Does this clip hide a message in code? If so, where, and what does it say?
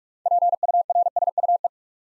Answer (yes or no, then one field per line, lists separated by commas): yes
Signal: Morse code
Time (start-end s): 0.3-1.7 s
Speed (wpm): 44 wpm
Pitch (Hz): 700 Hz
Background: none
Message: PURSUE